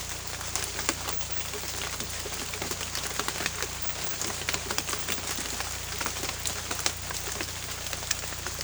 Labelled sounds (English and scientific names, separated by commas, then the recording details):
none
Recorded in pastures near Puerto Asís, Putumayo, Colombia, on 18 December 2024 at 00:30
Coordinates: 0.472, -76.331
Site GP02